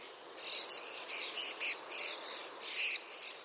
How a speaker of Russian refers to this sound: Так вот, у скворца такой звук – это как раз скворчание. Он напоминает шипение на сковородке масла. Масло скворчит, да?